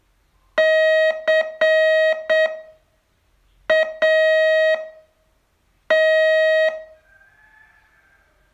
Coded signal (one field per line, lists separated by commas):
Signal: Morse code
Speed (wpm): 7 wpm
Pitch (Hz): 630 Hz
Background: none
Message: CAT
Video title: Learn Morse in 42 Days from VU2LAU - day 29 test